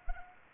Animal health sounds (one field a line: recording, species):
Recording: mosquito wingbeat signal from an infrared sensor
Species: Anopheles gambiae